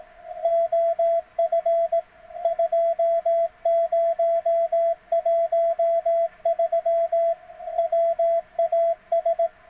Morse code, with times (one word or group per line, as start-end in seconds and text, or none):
0.4-2.0 OF
2.4-7.3 2013
7.8-9.5 WAS